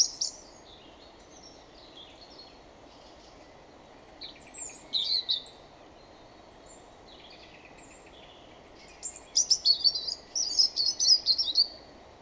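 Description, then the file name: European robin: high, thin warbling phrases, soft at first, with a louder, rapid tinkling sequence in the final few seconds. "Erithacus rubecula"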